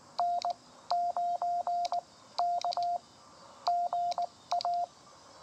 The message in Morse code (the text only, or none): N 9 K GA